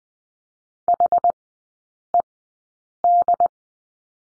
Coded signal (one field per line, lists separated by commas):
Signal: Morse code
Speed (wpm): 20 wpm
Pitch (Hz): 700 Hz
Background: none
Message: HED